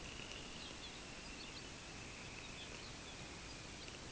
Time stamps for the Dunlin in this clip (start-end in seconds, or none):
0.00-3.93